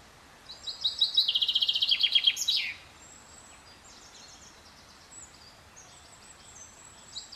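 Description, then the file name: Common chaffinch delivers one song phrase stepping down in pitch and ending in an emphatic flourish, followed by faint high chirps. "Fringilla coelebs"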